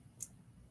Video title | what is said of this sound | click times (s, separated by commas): LIVE JEWELRY SALE 2PM EASTERN SUNDAY OCT 12 | And a nice click | 0.2 s